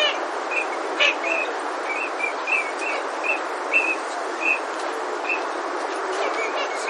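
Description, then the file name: Eurasian teal giving short, high whistled calls, repeated every half second or so, over a steady broad hiss of background noise. "kogamo"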